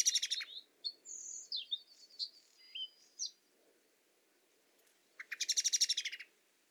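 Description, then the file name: Common blackbird opening with a harsh chatter, then thin, high, squeaky whistles, a short silence, and a loud, rattling burst near the end. "Turdus merula"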